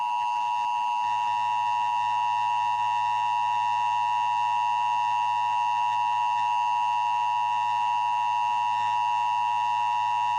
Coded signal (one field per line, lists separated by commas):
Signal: Emergency Alert System (SAME) tones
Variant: 853 and 960 Hz attention tone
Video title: Special Bulletin - EAS Scenario #9 (Based on the Film.)